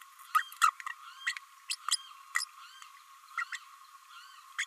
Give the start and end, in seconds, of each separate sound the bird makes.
0.34-0.42, 0.61-0.71, 1.69-1.75, 1.91-1.96, 2.34-2.44, 3.37-3.44, 3.52-3.58, 4.58-4.65